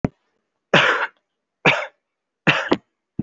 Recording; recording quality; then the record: shallow voluntary cough; excellent, no background noise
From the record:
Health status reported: respiratory illness, not identified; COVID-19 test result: negative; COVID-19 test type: RT-PCR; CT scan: taken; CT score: 0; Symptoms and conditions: another respiratory illness, another condition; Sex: male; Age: 19 years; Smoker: no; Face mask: worn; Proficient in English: yes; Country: India